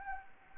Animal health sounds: mosquito wingbeat signal from an infrared sensor; Anopheles gambiae

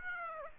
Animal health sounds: mosquito wingbeat signal from an infrared sensor; Aedes aegypti

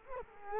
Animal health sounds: mosquito wingbeat signal from an infrared sensor; Culex quinquefasciatus

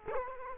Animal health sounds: mosquito wingbeat signal from an infrared sensor; Culex quinquefasciatus

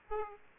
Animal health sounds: mosquito wingbeat signal from an infrared sensor; Aedes aegypti

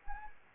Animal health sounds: mosquito wingbeat signal from an infrared sensor; Anopheles arabiensis

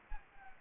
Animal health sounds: mosquito wingbeat signal from an infrared sensor; Anopheles gambiae

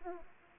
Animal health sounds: mosquito wingbeat signal from an infrared sensor; Aedes aegypti

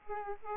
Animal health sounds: mosquito wingbeat signal from an infrared sensor; Aedes aegypti

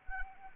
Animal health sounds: mosquito wingbeat signal from an infrared sensor; Anopheles arabiensis

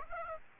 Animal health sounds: mosquito wingbeat signal from an infrared sensor; Aedes aegypti

